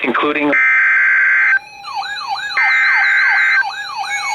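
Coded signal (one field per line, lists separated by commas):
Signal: Emergency Alert System (SAME) tones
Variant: header bursts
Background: speech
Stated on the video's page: Special Marine Warning issued by Chicago, received on NOAA Weather Radio station in Milwaukee, Wisconsin.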